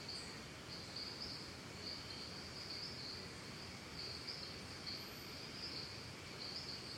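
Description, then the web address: Cricket chorus: a continuous high trill with uneven bright bursts throughout, plus a short faint high whistle near the end and steady background hiss. Costa Rica; calm forest and jungle ambience with crickets. "Big Room Sound Birds Crickets Costa Rica Calm"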